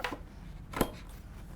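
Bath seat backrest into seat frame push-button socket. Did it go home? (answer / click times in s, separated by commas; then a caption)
no / none. A plastic bath seat backrest is handled at the seat frame's spring push-button fitting, with brief knocks near 0.1 s and 0.8 s against quiet background. The clip ends before the part goes home, so nothing has seated or clicked yet.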